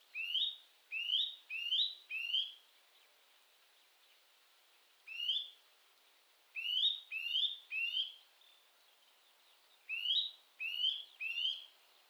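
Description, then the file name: Eurasian nuthatch giving rising whistled call notes in groups of up to four, with short pauses between groups; about eleven notes in all. "Sitta europaea"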